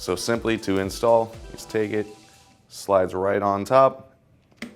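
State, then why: Seated. Someone talks while a front-mount, normally open auxiliary contact block is slid onto the top of a contactor and pressed down until it latches. A sharp plastic click sounds at 4.6 s, and the block is seated on the front of the contactor.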